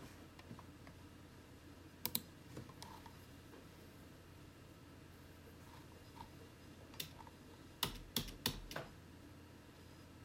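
Gentle typing on a keyboard and clicks of a computer mouse over the steady low whirr of a personal computer in a small office. Sharp clicks cluster near two seconds and again in a quick run around eight seconds, with softer taps scattered between.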